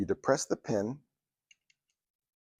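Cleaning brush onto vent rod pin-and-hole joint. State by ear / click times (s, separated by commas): seated / 1.5 s, 1.7 s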